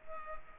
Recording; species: mosquito wingbeat signal from an infrared sensor; Culex pipiens